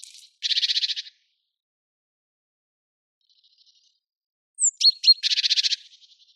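Bird giving harsh, buzzy rattling bursts, one at the start and another after a long silence, the second preceded by a few thin sharp chips.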